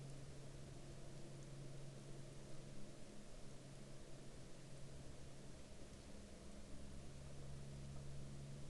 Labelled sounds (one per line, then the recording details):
rain
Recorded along the Dalton Highway, Alaska, on 9 April 2019 at 10:28
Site 03